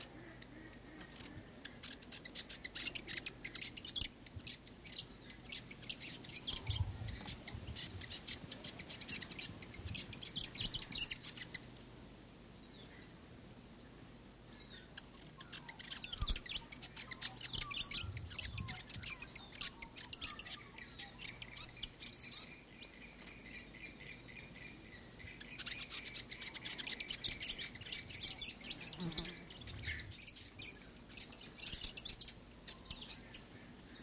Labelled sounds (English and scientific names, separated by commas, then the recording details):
New Zealand Fantail (Rhipidura fuliginosa)
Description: Fantail: North Island fantail song
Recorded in New Zealand